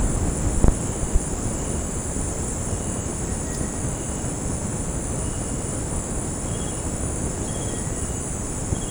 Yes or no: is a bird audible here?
no